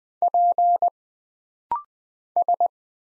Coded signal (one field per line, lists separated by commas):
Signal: Morse code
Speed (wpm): 20 wpm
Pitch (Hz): 700 Hz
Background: none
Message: P S